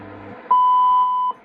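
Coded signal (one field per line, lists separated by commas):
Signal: radio time signal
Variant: WWV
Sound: low static, then one clean steady high beep lasting under a second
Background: radio static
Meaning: The 0.8-second 1000 Hz tone marks the start of a new minute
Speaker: and then they tell you once a minute what the upcoming minute is going to be and that time is perfect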